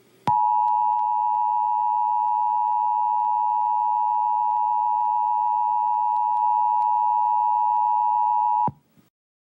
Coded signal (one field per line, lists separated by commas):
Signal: Emergency Alert System (SAME) tones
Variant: 853 and 960 Hz attention tone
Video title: Lady Voice EAS Test